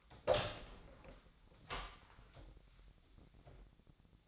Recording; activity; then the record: daily activity, microphone in the room; open door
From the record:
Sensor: 3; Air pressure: 1009.2 hPa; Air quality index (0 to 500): 195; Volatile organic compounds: 4 ppm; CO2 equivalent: 1570 ppm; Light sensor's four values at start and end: 46/120/52/52 and 46/120/52/52